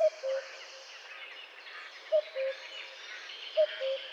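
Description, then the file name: Common cuckoo repeating its soft, low cu-coo three times, the second note of each pair lower in pitch. "Coucou gris"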